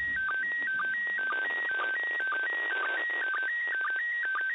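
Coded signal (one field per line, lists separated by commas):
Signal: SSTV (slow-scan television)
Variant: PD120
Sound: warbling electronic tone jumping between two pitches, with low sync chirps about twice a second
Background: radio static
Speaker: bit of fading going on and let's turn that down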